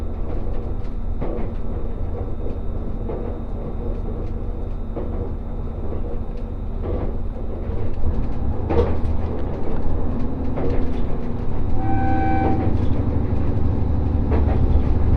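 Inside the Resort Shirakami No. 4 on the Gonō Line, a steady low rumble grows louder after eight seconds, with clicks and a brief tone near twelve.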